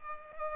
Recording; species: mosquito wingbeat signal from an infrared sensor; Culex pipiens